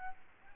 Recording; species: mosquito wingbeat signal from an infrared sensor; Aedes albopictus